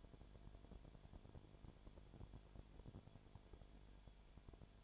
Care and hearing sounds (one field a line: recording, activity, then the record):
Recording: daily activity, microphone in the room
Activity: no activity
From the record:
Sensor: 5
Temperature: 20.0 degrees Celsius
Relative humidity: 37.1%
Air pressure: 1007.4 hPa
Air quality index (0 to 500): 83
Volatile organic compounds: 1 ppm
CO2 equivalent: 951 ppm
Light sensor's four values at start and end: 2/3/1/1 and 2/3/1/1